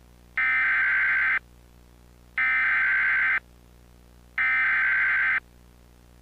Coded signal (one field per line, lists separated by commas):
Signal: Emergency Alert System (SAME) tones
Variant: header bursts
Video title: EAS Mock - Severe Thunderstorm Warning (2015)